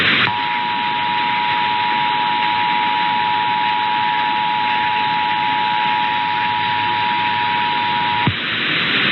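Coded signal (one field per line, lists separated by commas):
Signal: Emergency Alert System (SAME) tones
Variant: 853 and 960 Hz attention tone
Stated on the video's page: Los Angeles monthly EAS test captured on 12 AM radio stations.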